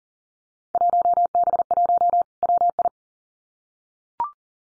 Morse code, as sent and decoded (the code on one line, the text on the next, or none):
.---- -... .---- / .-- ..
1B1 WI